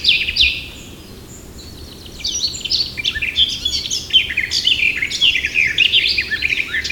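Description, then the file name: Eurasian blackcap song, a brief opening burst, a quiet gap, then sustained rapid warbling with mixed scratchy and clear notes. "Sylvia atricapilla"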